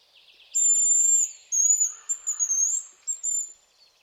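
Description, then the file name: Hazel grouse with a drawn-out high whistle followed by a run of short, wavering thin notes. "haselhuhn"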